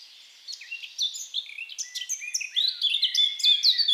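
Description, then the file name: Eurasian blackcap song, a hurried, rich warble of mixed fluty and chirping notes growing louder toward the end over faint hiss. "Sylvia atricapilla"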